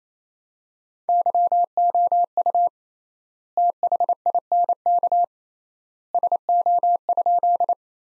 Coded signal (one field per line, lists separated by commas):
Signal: Morse code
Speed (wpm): 28 wpm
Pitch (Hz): 700 Hz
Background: none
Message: YOU THINK SO?